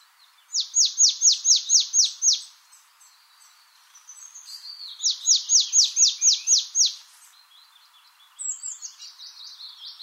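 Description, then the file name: Marsh tit giving two quick bursts of about eight sharp, high, downslurred notes, with softer thin twittering between them and a descending warble at the end. "Poecile palustris"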